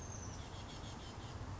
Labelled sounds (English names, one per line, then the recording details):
Oak Titmouse
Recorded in Sonoma County, California